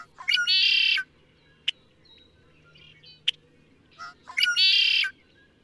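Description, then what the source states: Adélie Penguin giving two harsh, braying squawks rich in overtones, separated by a few short clicks and quieter notes. Nests built on mounds of stones, which help guard against flooding; partners exchange stone gifts during construction; stones are stolen and fiercely guarded within the nesting colony.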